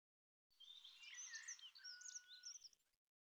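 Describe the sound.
Bird song: a dense run of high twittering and warbling notes with a long, steady whistled tone in the middle, lasting about two and a half seconds.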